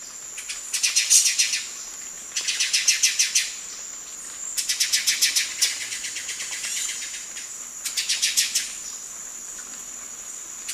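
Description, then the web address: Ochre-breasted tanager giving bursts of rapid, harsh pulsed chatter, repeated about every two to three seconds over a constant high-pitched whine. Ecuador. "Natures Songs S America Birds of Ecuador Ochre-breasted Tanager"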